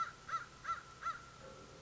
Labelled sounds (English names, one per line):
American Crow